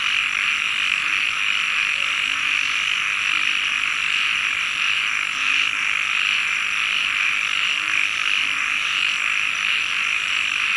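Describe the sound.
Frogs calling in a dense, steady chorus, a continuous high wash with faint low croaks scattered underneath.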